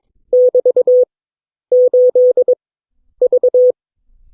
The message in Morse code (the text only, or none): <BT>8V